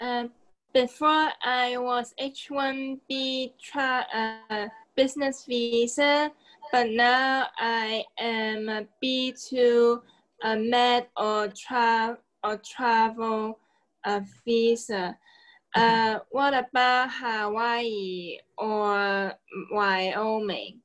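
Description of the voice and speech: An adult woman with aphasia after being hit by a car speaks slowly and haltingly, with stretched syllables and frequent pauses; her speech is agrammatic and telegraphic.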